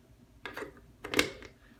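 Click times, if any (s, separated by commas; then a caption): 0.5 s, 1.1 s. Air and water hose quick-connect couplings are pushed into their ports on a Fast Foamer utility panel. Two bursts of sharp, bright snaps are heard, the second louder. Both couplings seat, with clicks at 0.5 s and 1.1 s.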